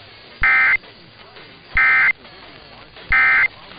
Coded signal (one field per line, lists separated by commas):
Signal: Emergency Alert System (SAME) tones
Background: speech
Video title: [EAS #1462-#1463] Sunday Morning Weekly Tests